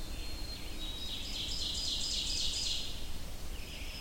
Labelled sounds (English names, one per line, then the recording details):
Ovenbird song
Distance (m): 35 m
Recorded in boreal forest in Alberta, Canada, on 25 June 2016 at 06:37
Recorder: SongMeter 3, array SBT-6-76
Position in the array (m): 35 m, 104 m
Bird 2